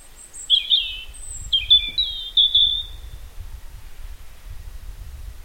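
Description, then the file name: European robin song, clear high warbled phrases ending in a long drawn-out thin whistle, with a faint very high note before it and low rumble beneath. "Erithacus rubecula"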